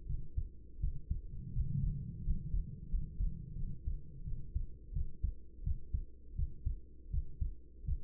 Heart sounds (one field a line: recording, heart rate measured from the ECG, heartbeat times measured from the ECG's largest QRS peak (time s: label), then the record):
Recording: heart sounds by stethoscope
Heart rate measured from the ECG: 85 bpm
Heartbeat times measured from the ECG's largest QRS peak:
0.06 s: heartbeat
0.79 s: heartbeat
1.52 s: heartbeat
2.22 s: heartbeat
2.88 s: heartbeat
3.55 s: heartbeat
4.23 s: heartbeat
4.92 s: heartbeat
5.62 s: heartbeat
6.34 s: heartbeat
7.09 s: heartbeat
7.84 s: heartbeat
From the record:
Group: healthy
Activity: rest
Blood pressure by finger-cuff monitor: 98/53 mmHg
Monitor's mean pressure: 66 mmHg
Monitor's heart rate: 85 bpm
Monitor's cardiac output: 7.7 L/min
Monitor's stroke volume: 86 mL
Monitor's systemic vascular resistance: 650 dyn s/cm5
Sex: female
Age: 26 years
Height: 165 cm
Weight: 55 kg